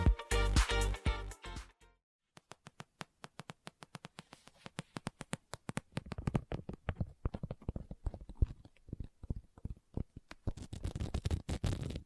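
Tapping and scratching on a book, opening with a dense burst of rustling and scraping for about two seconds before a short silence. Sharp taps then follow in a steady run, growing busier and more crowded after six seconds, with brighter scratchy bursts near the end.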